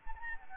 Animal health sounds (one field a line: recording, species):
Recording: mosquito wingbeat signal from an infrared sensor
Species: Anopheles gambiae